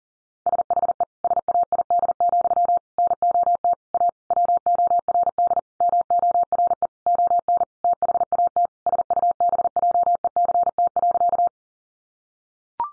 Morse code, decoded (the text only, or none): SHE SAID, NOT A WORD MORE ON THAT SUBJECT.